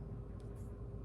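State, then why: Not seated. A screw lid is being turned tightly onto a small glass essential-oil serum dropper bottle to seal its insert. Under a steady low hum, faint soft scraping hisses come through around 0.4 s and 0.6 s. Nothing has clicked or sealed yet.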